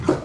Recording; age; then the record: pig call; growing-finishing pig (85 days or more)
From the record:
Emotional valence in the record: positive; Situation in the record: run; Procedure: transit